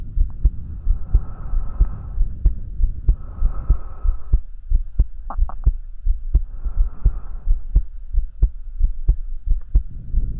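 Steady low heart thumps near 90 a minute, with slow breathing swells through the chest in the background, heard as if the head is hugged against the chest in an ASMR setting.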